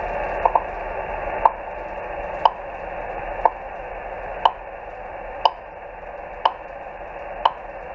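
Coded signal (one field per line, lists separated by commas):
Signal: radio time signal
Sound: sharp ticks once per second, about 8, over steady radio hiss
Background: radio static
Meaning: Each tick marks one second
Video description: Time signals are used to correct vessel chronometer time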